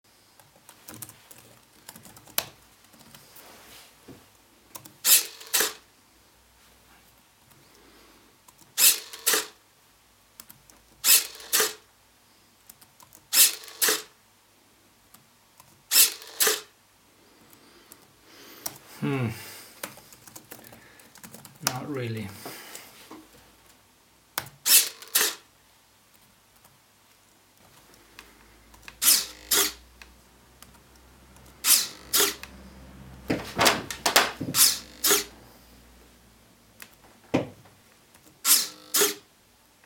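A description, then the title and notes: A motorised spray bottle fires short, sharp hissing sprays in pairs every few seconds, with small clicks between them. Around the middle, servo motors whir with rising and falling whines, and a low hum runs under a quick cluster of sprays near the end. Motorised Spray Bottle Test. Activating a spray bottle with servo motors. It "kind of" works, but the servos do not perform the full required angle. They are super cheap SG90.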